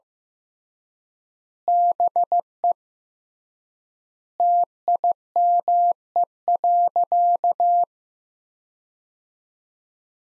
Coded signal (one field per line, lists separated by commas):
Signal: Morse code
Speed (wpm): 15 wpm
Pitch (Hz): 700 Hz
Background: none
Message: BE TIME.